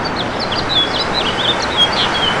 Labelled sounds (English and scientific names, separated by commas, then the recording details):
House Finch (Haemorhous mexicanus) song
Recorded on Long Island, New York, on 1 June 2012
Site JH
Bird D